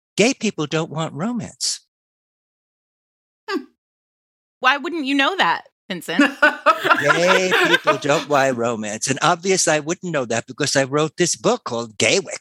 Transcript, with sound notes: "Gay people don't want romance." Hmm. Why wouldn't you know that, Vincent? (laughter) Gay people don't want romance and obviously I wouldn't know that because I wrote this book called Gaywyck.